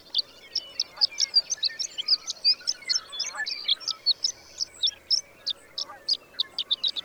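Bird song: many sharp high chirps and twitters, with a steady hiss of background noise.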